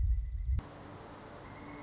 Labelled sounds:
Pileated Woodpecker
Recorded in Sonoma County, California

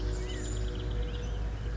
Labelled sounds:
California Quail
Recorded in Sonoma County, California

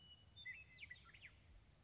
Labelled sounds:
Western Meadowlark
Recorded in Sonoma County, California

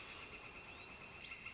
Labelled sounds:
Northern Flicker
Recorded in Sonoma County, California

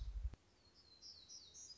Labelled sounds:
Black-throated Gray Warbler
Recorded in Sonoma County, California

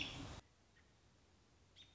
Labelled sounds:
American Robin
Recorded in Sonoma County, California

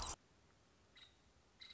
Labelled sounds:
Nuttall's Woodpecker
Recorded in Sonoma County, California

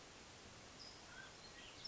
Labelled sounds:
Mountain Quail
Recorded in Sonoma County, California

